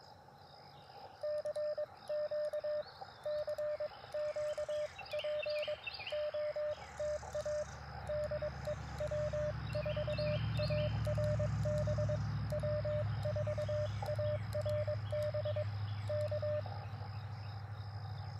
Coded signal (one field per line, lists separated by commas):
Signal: Morse code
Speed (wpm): 22 wpm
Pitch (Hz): 600 Hz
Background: none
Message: CQ CQ POTA DE W4ARB W4ARB K